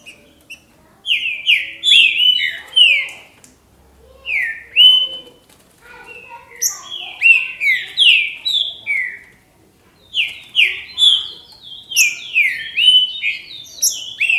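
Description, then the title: Green-winged saltator song: bursts of loud, slurred whistles sliding downward, delivered in quick phrases separated by short pauses. "Trinca Ferro"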